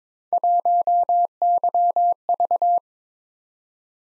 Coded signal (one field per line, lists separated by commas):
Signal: Morse code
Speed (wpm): 22 wpm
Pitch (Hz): 700 Hz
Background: none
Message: 1YV